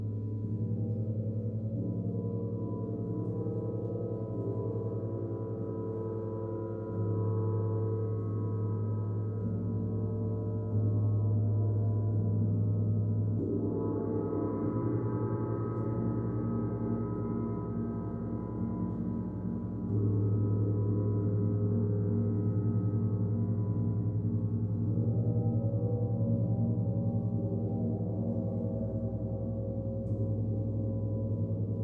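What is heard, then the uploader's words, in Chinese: A gong rubbed with a friction mallet hums in a deep, sustained drone, its low tones shifting and swelling every few seconds without pause. 銅鑼練習 Gong 07。今天完整的錄下整個練習過程。使用Flummi去振動銅鑼的聲音。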